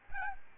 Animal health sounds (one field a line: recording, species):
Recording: mosquito wingbeat signal from an infrared sensor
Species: Aedes albopictus